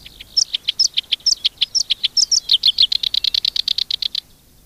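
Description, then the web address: Black-browed reed warbler song: paired squeaky notes repeated rhythmically, quickening into a fast run of harsh, evenly spaced chips that stops abruptly. "sikioto. koyoshikiri"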